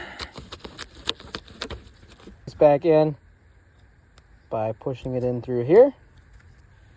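A plastic interior trim piece is handled and pushed back in through its headliner opening on a 2013 Nissan Altima after the sunroof drains are cleaned. A series of sharp taps and rattles sounds during the first two seconds, followed by someone talking. Nothing has seated or clicked yet.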